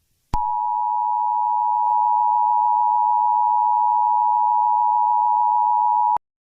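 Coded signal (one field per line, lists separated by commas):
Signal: Emergency Alert System (SAME) tones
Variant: 853 and 960 Hz attention tone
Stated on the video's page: Fictional Christmas-themed EAS scenario, not a real alert.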